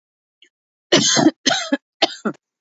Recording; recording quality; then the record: heavy voluntary cough; excellent, no background noise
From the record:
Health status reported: healthy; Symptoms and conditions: none ticked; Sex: female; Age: 39 years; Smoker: not ticked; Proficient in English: yes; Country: India